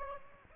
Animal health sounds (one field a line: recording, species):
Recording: mosquito wingbeat signal from an infrared sensor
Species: Aedes aegypti